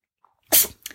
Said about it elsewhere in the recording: Charlie sneezing in the background there. Charlie, sorry, that's my cat.